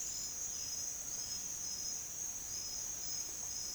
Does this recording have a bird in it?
no